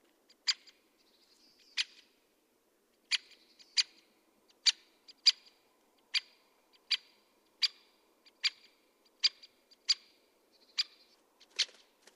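Great spotted woodpecker calling a sharp, metallic 'kik' over and over against a quiet background.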